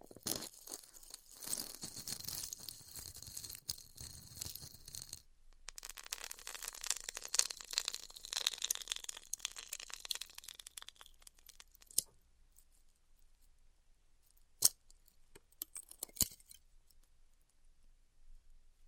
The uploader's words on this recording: ASMR Styrofoam Heat Cutting (No Talking).